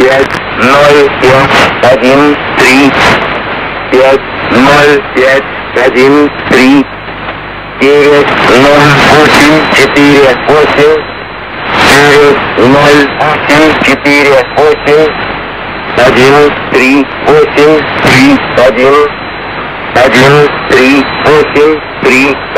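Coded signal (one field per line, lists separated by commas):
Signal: numbers station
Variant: S06, Russian language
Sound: voice reading single digits in five-figure groups, each group repeated twice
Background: radio static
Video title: Russian Numbers station, S06, 11616khz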